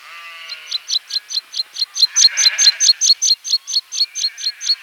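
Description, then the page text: Meadow pipit song: a rapid run of many thin, high, repeated notes at a steady pace. "Meadow Pipit Song. Quick Sounds"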